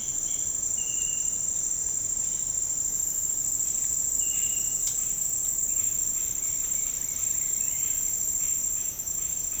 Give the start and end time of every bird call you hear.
[5.85, 9.60] bird call (1.2-4.8 kHz)

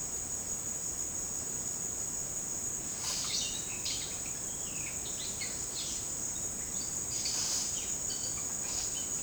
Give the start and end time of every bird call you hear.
[2.94, 9.17] bird call (0.7-6.7 kHz)

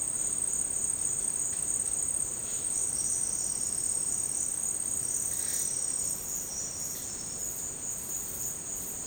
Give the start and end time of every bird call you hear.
[2.86, 7.62] bird call (4.5-6.6 kHz)

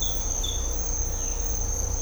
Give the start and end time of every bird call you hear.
[1.14, 1.38] bird call (1.9-4.2 kHz)

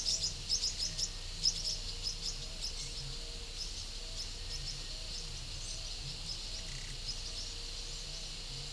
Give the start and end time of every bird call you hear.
[0.00, 3.01] bird call (4.2-7.0 kHz)

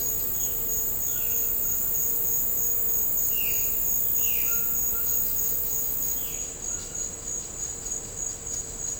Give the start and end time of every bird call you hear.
[0.92, 1.91] bird call (0.6-4.2 kHz)
[3.20, 3.71] bird call (1.4-3.8 kHz)
[4.15, 5.15] bird call (1.0-3.6 kHz)
[6.08, 7.01] bird call (0.8-3.7 kHz)

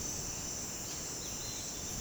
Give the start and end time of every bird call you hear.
[1.14, 2.01] bird call (2.4-4.9 kHz)

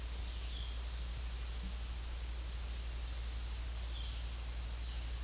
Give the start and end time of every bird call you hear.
[0.43, 0.77] bird call (2.3-5.5 kHz)

